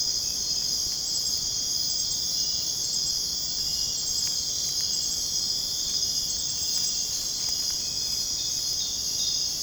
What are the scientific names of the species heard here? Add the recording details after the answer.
none. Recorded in dense forest near Puerto Asís, Putumayo, Colombia, on 22 June 2025 at 23:00. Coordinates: 0.486, -76.317. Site G065